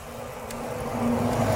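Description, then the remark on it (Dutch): A car engine rumbles low and steady, its droning hum swelling slightly louder toward the end as the vehicle goes by, with no voices present. “Komt de auto langs.”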